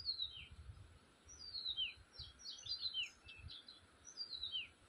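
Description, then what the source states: Birds singing, several clear descending whistled notes sliding from high to lower pitch, with scattered chirps between them and a soft low rumble beneath. Forest birds recorded in spring.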